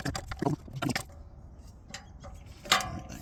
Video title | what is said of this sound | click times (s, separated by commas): Installing Trail Exhaust On My 2025 Tacoma | That clicked. | 2.7 s